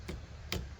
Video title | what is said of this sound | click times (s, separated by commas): Subaru Crosstrek Oil Change | Set her in there. I think it slides and clicks. | 0.5 s